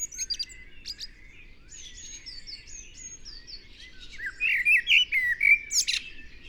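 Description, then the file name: Eurasian blackbird: faint high twitters at first, then a louder sequence of rapid warbled, fluting notes in quick succession near the end. "Turdus merula"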